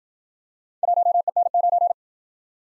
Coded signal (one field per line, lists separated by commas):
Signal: Morse code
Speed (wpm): 54 wpm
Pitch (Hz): 700 Hz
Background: none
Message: 1EN9